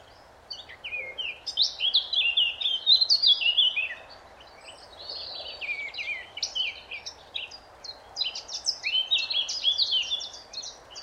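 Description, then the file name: Eurasian blackcap singing two bursts of rapid, varied warbling notes, the second longer than the first. "Sylvia atricapilla"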